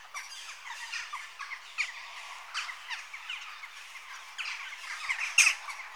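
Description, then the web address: Western jackdaws calling as a group, a constant mesh of short harsh notes with a few louder calls standing out, one especially strong near the end. Adult jackdaws. "The BBC Sound Effects Library - Complete 60 CDs Collection. Jackdaw (Corvus Monedula) Adults"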